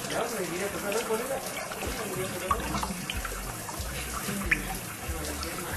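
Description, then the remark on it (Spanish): A bidet runs with a steady, hissing stream of water that stays even throughout, while muffled voices murmur faintly underneath. “Escuchame, apagá el bidet por lo menos si vas a seguir.”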